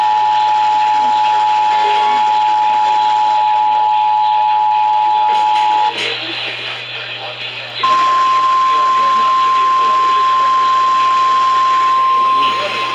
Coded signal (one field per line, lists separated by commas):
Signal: Emergency Alert System (SAME) tones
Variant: 853 and 960 Hz attention tone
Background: speech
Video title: SAN ANTONIOS CATCHING ALERTS... EAS Alerts From 7/12/26 - 7/15/26 (EAS#6,257 - #6,289)